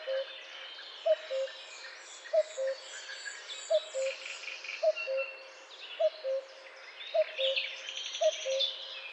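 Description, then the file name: Common cuckoo calling a low, falling two-note cu-coo about every 1.1 seconds throughout, over a busy chorus of higher-pitched songbirds. "Coucou gris"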